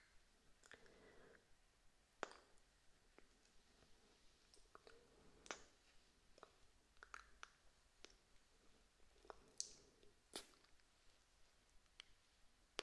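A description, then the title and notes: Soft, wet kiss sounds and lip smacks arrive in irregular bursts, some sharp and bright, others a muffled squish. They come every second or so, with brief murmured breaths between them over an otherwise quiet, faintly hissing background. ASMR Kiss Sounds.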